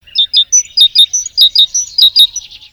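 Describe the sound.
Great tit calling: a rapid series of short, sharp, high chirps, about five a second.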